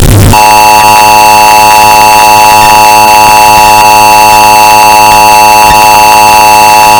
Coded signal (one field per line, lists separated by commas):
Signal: Emergency Alert System (SAME) tones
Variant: 853 and 960 Hz attention tone